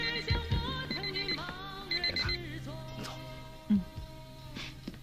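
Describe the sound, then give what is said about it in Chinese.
A telephone rings with a call from 803, a bright, warbling electronic tone repeating in quick bursts over a steady low hum for several seconds, with a brief thump partway through. “是803来电话了。”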